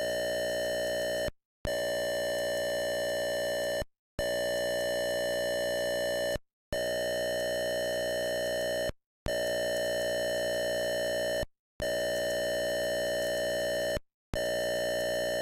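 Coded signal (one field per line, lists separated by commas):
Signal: computer data on cassette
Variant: Atari 8-bit cassette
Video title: Atari 400 Mini Coming soon, Data Cassette Tape Loader - Game - Demon Attack by IMAGINE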